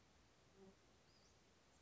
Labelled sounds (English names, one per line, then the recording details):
Western Flycatcher
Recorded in Sonoma County, California